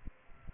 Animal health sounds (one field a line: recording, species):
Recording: mosquito wingbeat signal from an infrared sensor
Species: Aedes aegypti